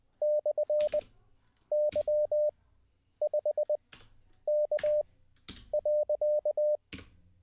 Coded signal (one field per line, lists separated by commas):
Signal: Morse code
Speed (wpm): 20 wpm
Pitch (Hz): 600 Hz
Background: none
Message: /Y5K.